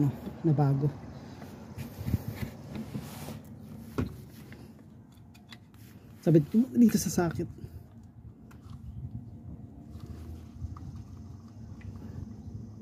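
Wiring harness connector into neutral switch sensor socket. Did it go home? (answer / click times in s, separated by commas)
no / none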